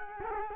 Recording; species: mosquito wingbeat signal from an infrared sensor; Culex quinquefasciatus